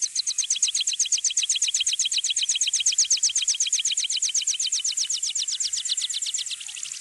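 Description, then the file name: Meadow pipit singing a fast, even trill of sharp, high-pitched notes that runs the whole way through and eases slightly near the end. "heipipelerke"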